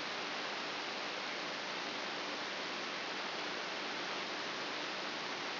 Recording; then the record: brain microelectrode recording played as sound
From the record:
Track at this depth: inside the subthalamic nucleus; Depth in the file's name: 4.44 mm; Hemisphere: right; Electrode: 2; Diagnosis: Parkinson's disease